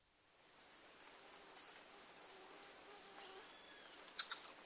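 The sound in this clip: Golden lion tamarin giving long, thin, high whistles that slide slightly upward and downward, several in succession, ending with a brief sharp chirp.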